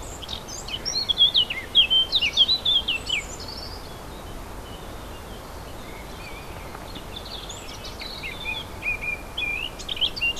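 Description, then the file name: Warbler song: quick scratchy twittering phrases with high squeaky notes for about three seconds, a pause with soft background noise, then another brief twittering burst near the end. Recorded 4 May 2011 on an MZ-N710 recorder. "fauvettes 4 05 11"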